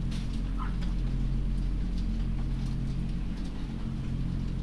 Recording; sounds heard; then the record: poultry house recording; sick chickens (respiratory disease)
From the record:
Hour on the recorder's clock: 0